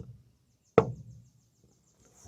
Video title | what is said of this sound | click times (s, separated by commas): Naturehike Folding Camping Cot Review – Worth the Hype? | Maybe you can hear it click. | 0.8 s